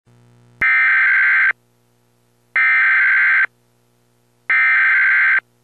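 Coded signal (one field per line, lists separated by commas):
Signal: Emergency Alert System (SAME) tones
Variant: header bursts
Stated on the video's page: EAS severe thunderstorm warning from the National Weather Service for the Oklahoma and Texas panhandles.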